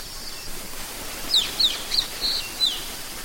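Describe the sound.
Blue-rumped parrot calls: five short, shrill, high-pitched notes in a quick series over about a second and a half, against a faint hiss.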